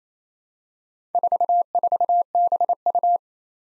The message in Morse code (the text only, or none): 44BU